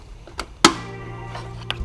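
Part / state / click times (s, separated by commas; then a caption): supplied cap into a port on the cold air intake / seated / 0.6 s. A supplied plastic or rubber cap is pushed into a port on the air box of an Airaid cold air intake being installed on a 2011-2014 Mustang GT. After a couple of faint ticks, it pops into place with a sharp, loud snap at 0.7 s, followed by a low ringing hum and another light tick near 1.7 s. The cap is seated.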